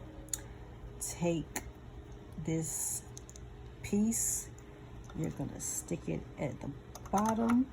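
A sewing machine bobbin is pushed onto its spindle/holder and gives a sharp click at 0.3 s as it seats in place. Someone talks through the rest of the clip, and a few faint clicks follow around 3.2–3.4 s.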